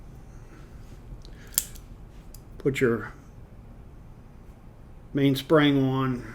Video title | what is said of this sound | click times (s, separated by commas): Walther PPK, PPK/S series pistols. | Take a punch, push on the spring till it pops into place. | 1.6 s